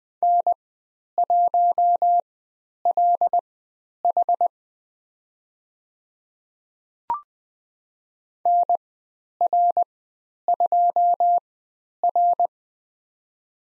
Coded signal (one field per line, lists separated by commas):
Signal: Morse code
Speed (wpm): 20 wpm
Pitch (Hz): 700 Hz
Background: none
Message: N1LH NR2R